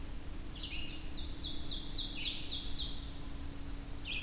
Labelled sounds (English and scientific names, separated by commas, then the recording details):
Ovenbird (Seiurus aurocapilla) song
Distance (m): 45 m
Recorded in boreal forest in Alberta, Canada, on 23 June 2016 at 06:09
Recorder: SongMeter 3, array SBT-6-76
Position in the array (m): 158 m, 129 m
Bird 3